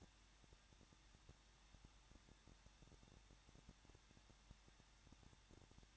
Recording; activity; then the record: daily activity, microphone in the room; no activity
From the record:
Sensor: 3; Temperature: 21.2 degrees Celsius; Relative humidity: 36.3%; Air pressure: 1006.3 hPa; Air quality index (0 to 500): 222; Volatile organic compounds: 41 ppm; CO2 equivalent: 3166 ppm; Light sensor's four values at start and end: 2/3/2/2 and 2/3/2/2